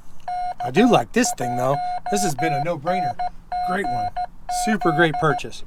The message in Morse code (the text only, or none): K1NGZ